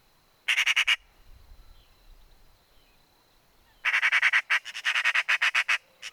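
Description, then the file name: Eurasian magpie giving harsh rattling chatter, a short burst of rapid grating notes, a pause, then a longer run of loud staccato chacks near the end. "Pica pica"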